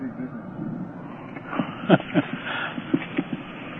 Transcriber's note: Prabhupāda laughs